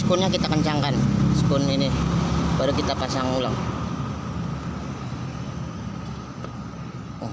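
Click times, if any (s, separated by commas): 6.4 s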